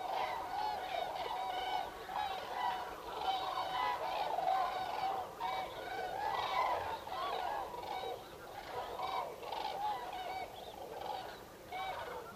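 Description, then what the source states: Common cranes in chorus, continuous layered bugling calls from many birds. Recorded 5 November 2018.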